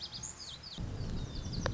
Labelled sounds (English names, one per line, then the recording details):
Lazuli Bunting
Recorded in Sonoma County, California